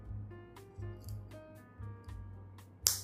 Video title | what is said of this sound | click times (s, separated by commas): DESTINY GUNDAM "EXTREME BLAST MODE" UNLEASHED MODE! | Nah, bunyinya cetek. Dengar kan? Enak itu. Kalau sudah bunyi cetek itu berarti benar itu. | 2.9 s